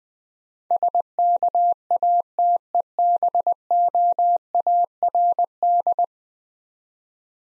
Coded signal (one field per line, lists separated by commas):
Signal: Morse code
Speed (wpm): 20 wpm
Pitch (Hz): 700 Hz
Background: none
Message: SKATEBOARD